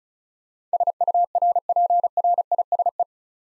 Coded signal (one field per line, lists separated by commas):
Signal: Morse code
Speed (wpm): 36 wpm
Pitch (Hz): 700 Hz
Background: none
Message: SURPRISE